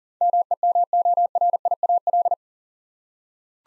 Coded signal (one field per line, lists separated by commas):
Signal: Morse code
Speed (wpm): 40 wpm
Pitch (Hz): 700 Hz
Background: none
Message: MEMORIAL